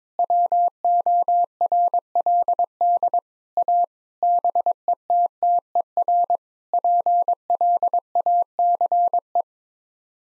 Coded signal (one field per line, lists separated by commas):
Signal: Morse code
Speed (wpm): 22 wpm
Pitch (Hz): 700 Hz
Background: none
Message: WORLD A BETTER PLACE